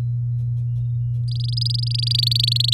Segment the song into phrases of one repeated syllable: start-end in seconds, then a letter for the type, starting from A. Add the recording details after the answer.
1.28-2.74 A. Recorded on 9 May 2018 at 06:31. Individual llb16